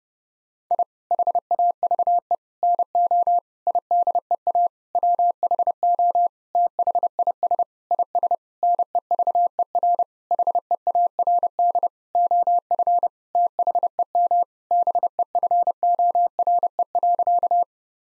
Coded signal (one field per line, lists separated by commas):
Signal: Morse code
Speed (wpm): 30 wpm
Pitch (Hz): 700 Hz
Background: none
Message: I HAVE NO IDEA WHO THIS IS NEVER HEARD OF THEM BEFORE.